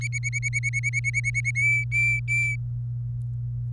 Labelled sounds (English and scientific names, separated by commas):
Domestic Canary (Serinus canaria) song